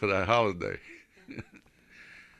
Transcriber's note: he laughs